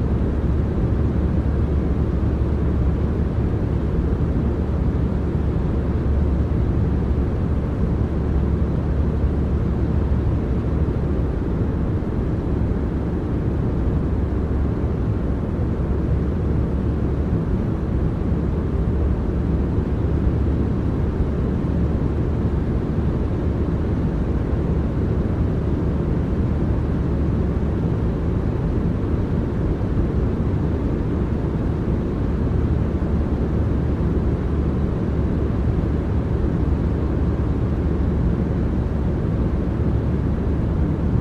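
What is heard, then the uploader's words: A steady, dense airplane cabin roar, deep and low with a muffled upper hiss, holding level and unchanging for the whole clip. Airplane White Noise.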